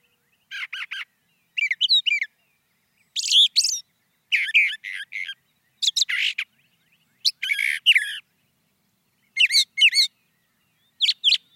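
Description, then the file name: Brown thrasher song, a long varied string of short phrases of repeated chirpy or rasping notes, separated by short gaps. "suara-kicauan-brown-thrasher 2-omkicau"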